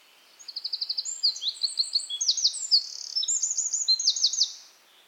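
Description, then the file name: Eurasian wren singing a vigorous four-second burst of high, rapid trills and chattering notes, with quick repeated rattles and short whistled phrases, and nothing else prominent. "Troglodytes troglodytes"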